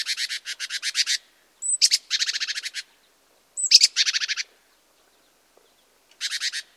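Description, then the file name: Great tit giving loud, grating churring rattles in several bursts, some introduced by a thin high note, then a pause before a final rattle. "Parus major"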